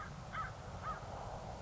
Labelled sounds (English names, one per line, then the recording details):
American Crow
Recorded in Sonoma County, California